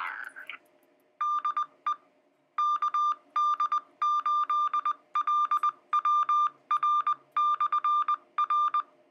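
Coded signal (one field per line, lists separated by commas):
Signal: Morse code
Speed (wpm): 20 wpm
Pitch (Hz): 1200 Hz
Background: music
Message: DE KD8LWR/R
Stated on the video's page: Received over a simplex repeater system.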